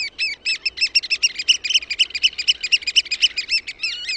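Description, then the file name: Eurasian oystercatcher giving a fast, excited run of loud, shrill piping notes, closely packed and tumbling on without pause through the whole stretch. "MERIHARAKKA"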